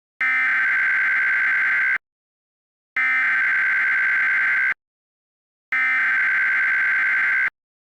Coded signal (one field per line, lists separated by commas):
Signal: Emergency Alert System (SAME) tones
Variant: header bursts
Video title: EAS Short - Kenny the Shark (tails98 Audacity Macros Test)